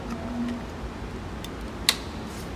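A J1772 adapter is pushed onto a public charging station's connector for charging a Tesla Model 3, over a low background hum. A faint tick at 1.4 seconds comes before a sharp, loud click at 1.9 seconds as the adapter snaps into place and seats.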